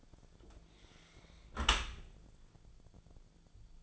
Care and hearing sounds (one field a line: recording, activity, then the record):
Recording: daily activity, microphone in the room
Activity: close dishwasher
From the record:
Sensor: 5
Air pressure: 1000.6 hPa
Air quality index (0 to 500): 153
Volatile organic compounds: 2 ppm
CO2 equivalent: 1176 ppm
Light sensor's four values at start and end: 41/94/40/43 and 41/93/40/43